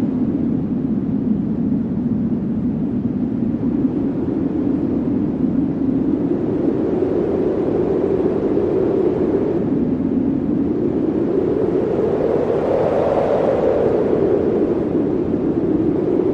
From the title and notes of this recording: Winter Sound. Soothing Snowstorm. Soothing wind sounds.